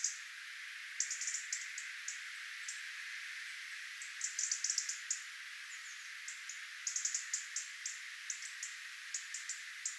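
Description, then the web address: Tits making high, thin chattering calls in quick runs, with scattered single notes and steady background hiss. Tit flock, recorded 11 October 2024. "paivat 11 10 2024 punarintoja tiaisparvi"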